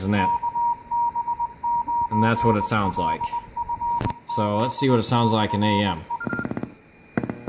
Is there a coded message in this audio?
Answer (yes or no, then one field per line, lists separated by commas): yes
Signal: Morse code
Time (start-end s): 0.2-6.2 s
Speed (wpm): 20 wpm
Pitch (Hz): 950 Hz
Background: speech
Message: KB9LFZ/E